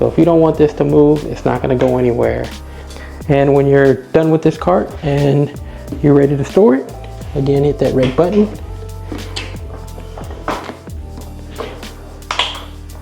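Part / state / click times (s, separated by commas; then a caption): storage latch on a foldable service cart / seated / 12.3 s. A man talks over background music about a WORKPRO 3-tier metal service cart, rated at 210 lbs, with two locking wheels. After the red release button is pressed, the cart is folded down for storage, and its storage latch clicks shut at 12.3 seconds, locking it.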